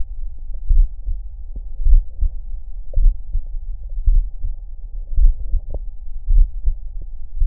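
Regular paired low thumps, the first and second heart sounds, recur about every 1.1 seconds, a rate near 54 beats a minute, heard at the cardiac apex. A faint steady hum runs in the background.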